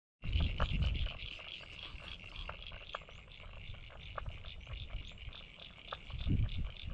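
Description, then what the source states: Frogs calling in a dense, continuous chorus of high trilling and clicking notes, with scattered louder pulses and low rumbling background noise. Several frogs, North Head, Sydney, Australia.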